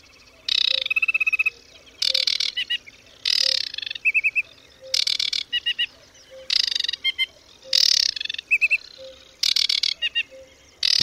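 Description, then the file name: Aquatic warbler song: harsh buzzy rattles, each followed by short whistled note groups, repeated several times. "Wodniczka"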